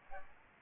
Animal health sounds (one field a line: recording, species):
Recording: mosquito wingbeat signal from an infrared sensor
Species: Aedes albopictus